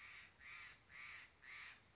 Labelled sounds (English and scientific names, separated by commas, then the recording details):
Steller's Jay (Cyanocitta stelleri)
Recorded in Sonoma County, California